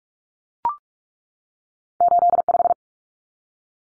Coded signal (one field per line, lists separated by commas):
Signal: Morse code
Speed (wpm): 44 wpm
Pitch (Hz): 700 Hz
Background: none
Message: 85